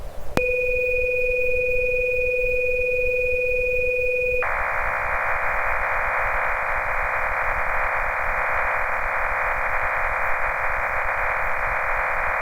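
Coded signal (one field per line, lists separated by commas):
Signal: MT63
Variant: MT63-2000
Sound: two steady tones for four seconds, then a dense, even, hissing roar of many tones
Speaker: now let's watch the reception of an IC 2113 form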